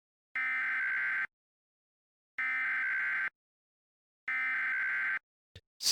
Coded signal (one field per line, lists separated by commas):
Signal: Emergency Alert System (SAME) tones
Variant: header bursts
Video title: EAS Mock - The Roach Invasion (Part 3)